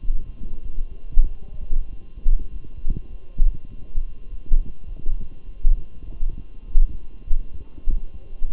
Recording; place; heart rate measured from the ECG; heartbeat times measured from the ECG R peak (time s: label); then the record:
heart sounds by stethoscope; between the tricuspid and mitral areas; 99 bpm
0.00 s: heartbeat
0.63 s: heartbeat
1.25 s: heartbeat
1.88 s: heartbeat
2.49 s: heartbeat
3.09 s: heartbeat
3.68 s: heartbeat
4.27 s: heartbeat
4.85 s: heartbeat
5.44 s: heartbeat
6.03 s: heartbeat
6.64 s: heartbeat
7.25 s: heartbeat
7.86 s: heartbeat
8.47 s: heartbeat
From the record:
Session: walking at 3.7 km/h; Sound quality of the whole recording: good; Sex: male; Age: 23 years